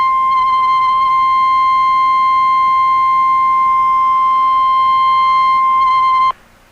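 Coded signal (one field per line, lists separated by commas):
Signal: Emergency Alert System (SAME) tones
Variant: 1050 Hz attention tone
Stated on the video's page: Fictional EAS scenario about a tornado outbreak, made in KineMaster with a narrator voice app.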